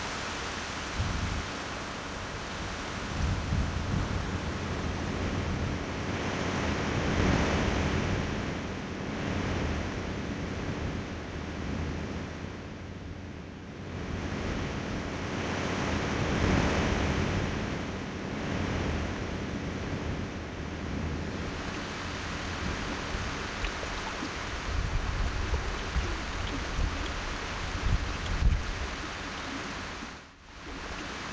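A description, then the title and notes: Waves wash onto a beach in a continuous, dense roar that swells and eases every few seconds, with a low rumble underneath and a hissing wash on top. The sound dips briefly around 13 seconds and drops sharply near 30 seconds. Waves. Sitting on the beach.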